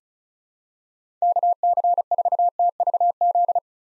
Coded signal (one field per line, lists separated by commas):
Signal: Morse code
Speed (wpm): 36 wpm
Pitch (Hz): 700 Hz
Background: none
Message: KC4TVZ